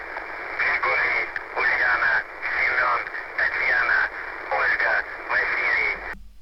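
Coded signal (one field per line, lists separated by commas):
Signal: numbers station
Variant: UVB-76 voice message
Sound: muffled, narrowband spoken words in short phrases over hissy radio noise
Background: radio static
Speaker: No dobra, więc to była taka pierwsza wiadomość tego dnia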